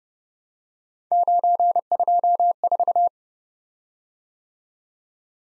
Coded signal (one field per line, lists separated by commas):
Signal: Morse code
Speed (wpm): 30 wpm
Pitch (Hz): 700 Hz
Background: none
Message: 924